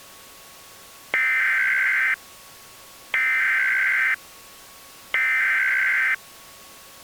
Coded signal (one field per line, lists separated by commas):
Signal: Emergency Alert System (SAME) tones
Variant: header bursts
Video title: EAS MOCK - Evil Darwin Part 5, Part 5